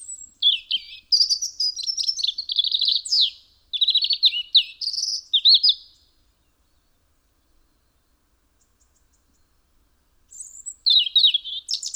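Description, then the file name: European robin song of fast high warbles and sharp downslurred notes lasting about six seconds, then quiet, then another phrase begins. "Erithacus rubecula"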